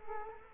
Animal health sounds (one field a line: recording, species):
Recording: mosquito wingbeat signal from an infrared sensor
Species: Culex quinquefasciatus